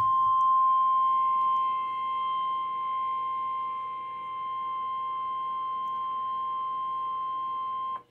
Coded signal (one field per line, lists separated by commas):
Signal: Emergency Alert System (SAME) tones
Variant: 1050 Hz attention tone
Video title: Severe Thunderstorm Warning on TV (EAS #322)